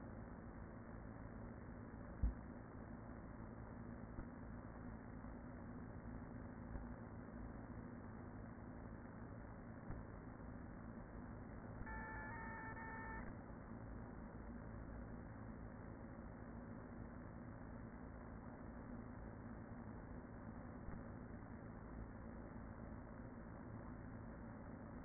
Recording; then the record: honeybee colony, microphone inside the hive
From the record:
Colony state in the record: queen present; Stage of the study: after two queens were removed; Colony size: about 40,000 bees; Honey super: no